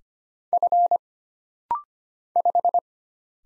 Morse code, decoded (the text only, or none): F 5